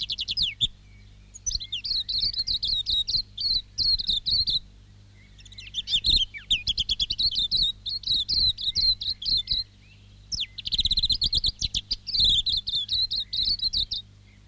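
Silvereye song: long bursts of rapid, high twittering warbles and chirps, interspersed with brief pauses, over a faint low hum.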